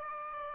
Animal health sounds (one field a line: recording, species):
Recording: mosquito wingbeat signal from an infrared sensor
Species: Aedes aegypti